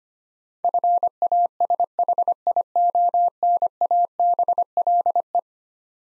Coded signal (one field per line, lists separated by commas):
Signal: Morse code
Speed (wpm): 25 wpm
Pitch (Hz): 700 Hz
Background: none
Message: FASHIONABLE